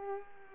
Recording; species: mosquito wingbeat signal from an infrared sensor; Culex pipiens